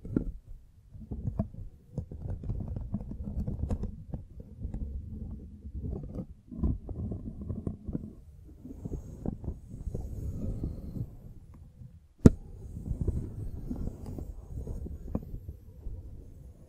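A microphone is brushed and scratched in low, rumbling rubs that come in dense, uneven bursts, mostly in the deep range with short gaps between them. A sharp click stands out at about twelve seconds, and the scraping carries on afterward.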